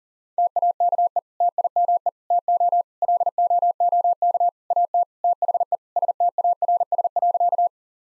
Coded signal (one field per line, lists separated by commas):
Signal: Morse code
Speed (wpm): 40 wpm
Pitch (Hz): 700 Hz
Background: none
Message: TAKE TIME TO LOOK AT THE STARS.